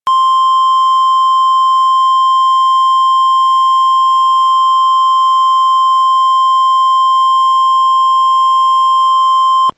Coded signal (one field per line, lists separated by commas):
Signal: Emergency Alert System (SAME) tones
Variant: 1050 Hz attention tone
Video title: Tornado Warning | EAS #525